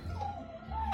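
A female dog coughs, a persistent, worsening, liquidy cough. It suggests kennel cough or something stuck in her throat.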